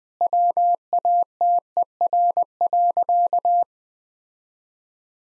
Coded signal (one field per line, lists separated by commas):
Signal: Morse code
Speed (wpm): 20 wpm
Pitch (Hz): 700 Hz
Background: none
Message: WATER.